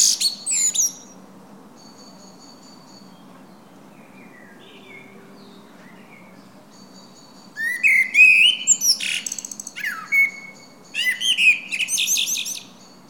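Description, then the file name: Common blackbird song: a squeaky note, a long pause with faint soft warbling, then several fluted phrases with high, squealing twitters. "Turdus merula"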